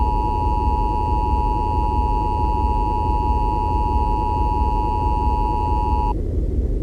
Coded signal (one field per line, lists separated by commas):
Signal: Emergency Alert System (SAME) tones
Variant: 853 and 960 Hz attention tone